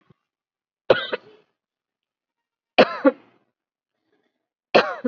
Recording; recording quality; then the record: shallow voluntary cough; excellent, no background noise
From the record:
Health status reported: COVID-19 positive, moderate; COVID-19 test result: positive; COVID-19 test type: RT-PCR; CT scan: taken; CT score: 11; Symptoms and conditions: cough, fever, fatigue, muscle pain, loss of smell and taste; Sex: female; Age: 57 years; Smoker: no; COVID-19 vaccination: one dose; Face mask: worn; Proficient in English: no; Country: India